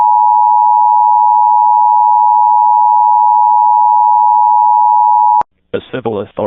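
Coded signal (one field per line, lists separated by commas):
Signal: Emergency Alert System (SAME) tones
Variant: 853 and 960 Hz attention tone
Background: speech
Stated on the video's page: Real Civil Danger Warning and Shelter In Place Warning for Texas counties, recorded with an alert archiving app.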